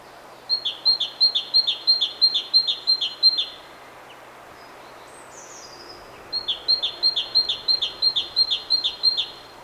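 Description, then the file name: Great tit song: two bouts of about ten quick, high two-note phrases, a bright note dropping to a lower one, repeated roughly three times a second with a pause between. "Parus major"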